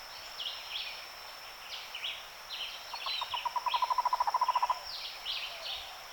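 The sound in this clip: Cuban trogon giving a rapid run of evenly spaced pulsed notes lasting about two seconds midway, with other birds' higher chirps scattered before and after.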